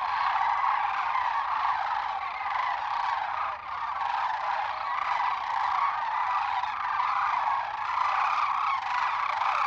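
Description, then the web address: Sandhill cranes calling together in a dense, continuous chorus of throaty, rolling trumpet notes with little pause. Western North America. "Dan Gibson Wildlife Identification By Sound, Western North America. Sandhill Crane"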